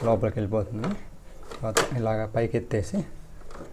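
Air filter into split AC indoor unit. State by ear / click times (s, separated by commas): not seated / none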